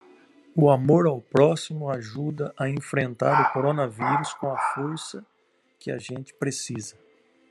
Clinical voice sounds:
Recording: spoken sentence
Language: Brazilian Portuguese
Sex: male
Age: 50 to 59 years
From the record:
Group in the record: control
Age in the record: 52 years

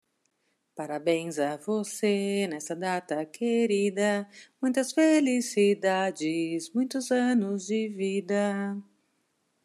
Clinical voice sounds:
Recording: short text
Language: Brazilian Portuguese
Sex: female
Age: 50 to 59 years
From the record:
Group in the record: control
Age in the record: 52 years

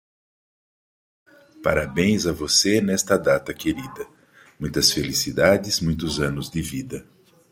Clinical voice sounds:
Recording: short text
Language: Brazilian Portuguese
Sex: male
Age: 60 to 69 years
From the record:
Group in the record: control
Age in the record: 65 years

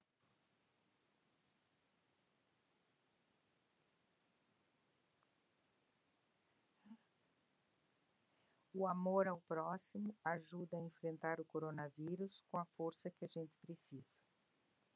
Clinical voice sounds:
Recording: spoken sentence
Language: Brazilian Portuguese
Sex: female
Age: 70 to 79 years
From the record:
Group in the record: control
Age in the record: 70 years

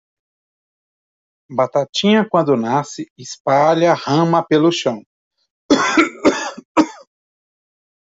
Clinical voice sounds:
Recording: short text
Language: Brazilian Portuguese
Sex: male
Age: 40 to 49 years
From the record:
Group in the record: control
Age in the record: 46 years

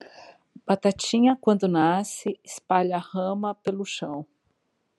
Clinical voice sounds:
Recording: short text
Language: Brazilian Portuguese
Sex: female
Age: 50 to 59 years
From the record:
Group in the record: control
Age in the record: 57 years

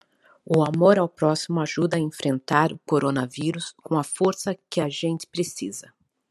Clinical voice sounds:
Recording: spoken sentence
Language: Brazilian Portuguese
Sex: female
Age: 40 to 49 years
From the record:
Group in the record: control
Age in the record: 44 years

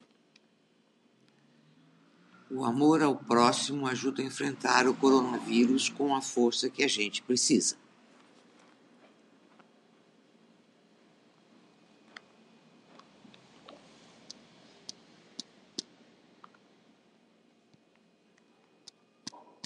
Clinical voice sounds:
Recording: spoken sentence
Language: Brazilian Portuguese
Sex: female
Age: 60 to 69 years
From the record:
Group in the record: control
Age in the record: 68 years

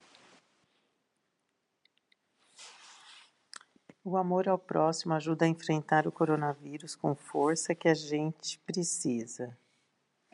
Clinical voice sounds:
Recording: spoken sentence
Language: Brazilian Portuguese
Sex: female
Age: 60 to 69 years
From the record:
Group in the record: control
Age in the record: 63 years

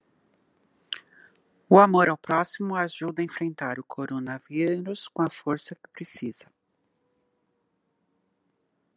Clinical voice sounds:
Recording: spoken sentence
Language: Brazilian Portuguese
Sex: female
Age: 50 to 59 years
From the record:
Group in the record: control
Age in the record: 58 years

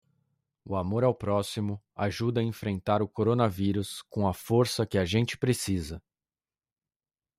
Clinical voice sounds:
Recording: spoken sentence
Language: Brazilian Portuguese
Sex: male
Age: 30 to 39 years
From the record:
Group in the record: control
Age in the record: 37 years

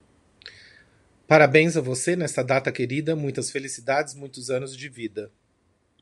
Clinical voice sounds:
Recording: short text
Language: Brazilian Portuguese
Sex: male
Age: 50 to 59 years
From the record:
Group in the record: control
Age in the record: 52 years

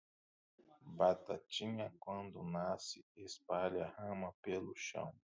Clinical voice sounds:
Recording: short text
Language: Brazilian Portuguese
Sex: male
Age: 30 to 39 years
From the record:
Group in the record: control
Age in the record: 37 years

